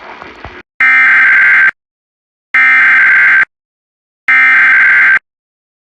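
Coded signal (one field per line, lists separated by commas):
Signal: Emergency Alert System (SAME) tones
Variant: header bursts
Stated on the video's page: Baltimore County shelter-in-place warning heard on an AM broadcast station.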